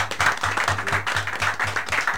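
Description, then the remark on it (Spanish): Applause from a group, a steady stream of clapping with a loosely rhythmic pulse that holds at an even, moderate loudness throughout, with no voices on top. “Un fuerte aplauso”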